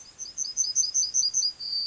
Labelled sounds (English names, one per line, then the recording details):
Yellowhammer song
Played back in grassland
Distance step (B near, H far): C
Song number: 108